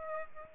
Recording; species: mosquito wingbeat signal from an infrared sensor; Aedes aegypti